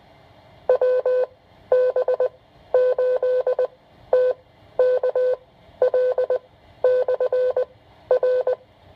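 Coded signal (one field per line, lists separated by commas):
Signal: Morse code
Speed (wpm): 20 wpm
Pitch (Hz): 510 Hz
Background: none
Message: WB8TKL/R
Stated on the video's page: Range test of a new 446.875 simplex repeater running 100 milliwatts, with a net check-in and contact through it.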